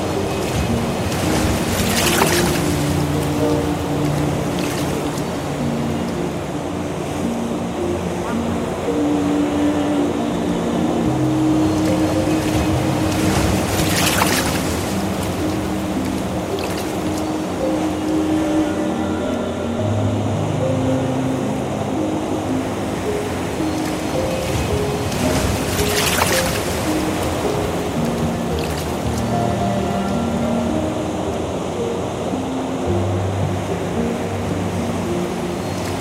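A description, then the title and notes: Ocean waves break roughly every twelve seconds over a constant low wash, while soft piano notes drift steadily underneath in the middle register. Relaxing ASMR Ocean. Enriched with a blend of nature sounds and ambient melodies.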